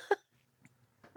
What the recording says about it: I'm still very congested. Like, my head's very stuffy. I was coughing. I'm moving the junk that's sitting in my chest anyway.